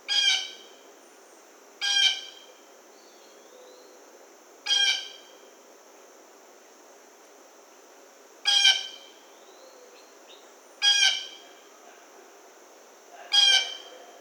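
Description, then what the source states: Blue jay repeating harsh, nasal jeer calls, six bursts at irregular intervals, over a steady high hum. Recorded 1 August 2009.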